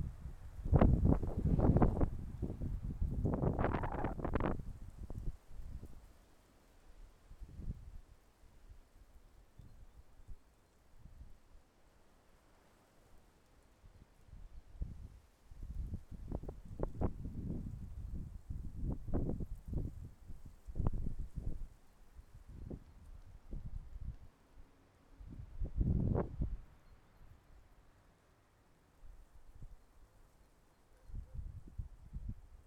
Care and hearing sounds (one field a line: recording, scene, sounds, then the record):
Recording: everyday scene through a hearing-aid microphone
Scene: wind on the microphone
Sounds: wind, traffic, birds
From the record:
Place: suburban garden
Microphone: behind the ear, left, front